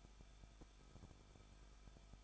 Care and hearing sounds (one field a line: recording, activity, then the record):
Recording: daily activity, microphone in the room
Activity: no activity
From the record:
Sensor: 5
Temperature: 20.8 degrees Celsius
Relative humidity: 38.3%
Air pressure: 1006.6 hPa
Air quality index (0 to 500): 186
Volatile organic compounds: 18 ppm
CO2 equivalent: 2609 ppm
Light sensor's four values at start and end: 2/3/1/1 and 2/3/1/1